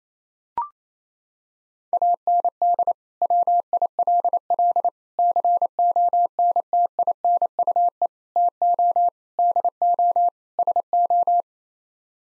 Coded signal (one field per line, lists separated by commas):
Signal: Morse code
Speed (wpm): 28 wpm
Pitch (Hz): 700 Hz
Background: none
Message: AND WILL CONTINUE TO DO SO